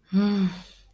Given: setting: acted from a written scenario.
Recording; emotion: vocal sound without words; contempt